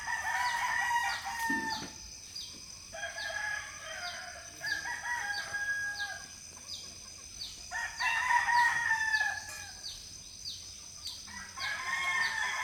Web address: Philippines sound library by Faunethic Village quiet chicken hen symphony early the morning